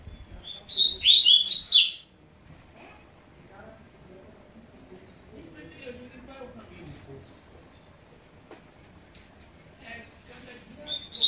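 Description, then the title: Double-collared seedeater song, one quick high twittering phrase at the start, then near silence with faint low sounds and the start of another phrase at the end. "Canto Coleiro"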